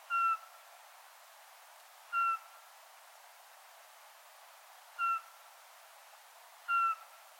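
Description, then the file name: Eurasian pygmy owl calls: four single clear piping whistled notes at intervals against a quiet background. "sperlingskauz"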